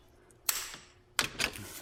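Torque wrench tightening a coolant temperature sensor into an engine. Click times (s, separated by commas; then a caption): 1.2 s. An upgraded new coolant temperature sensor is tightened into the engine of a 1984 C4 Corvette with a ratchet-style torque wrench, with a sharp ratcheting snap at 0.5 s. The wrench gives its sharp click at 1.2 s, followed by a softer tick at about 1.4 s, confirming the sensor has reached the set torque.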